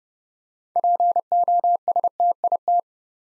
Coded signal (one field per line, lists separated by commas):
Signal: Morse code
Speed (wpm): 28 wpm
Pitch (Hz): 700 Hz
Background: none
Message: POSTIT